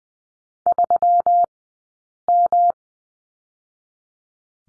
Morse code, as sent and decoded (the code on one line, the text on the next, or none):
...-- --
3M